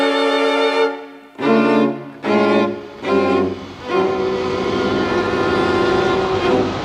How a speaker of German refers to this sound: Auf dem Bahnhof wartete er, bis ein Zug kam und fuhr an die Front zurück.